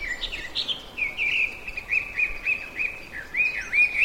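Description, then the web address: Chinese hwamei singing a lively run of clear whistled notes, many short slurred phrases repeated rapidly, some rising and falling sharply, over faint background hiss. "abarazemi Hwamei"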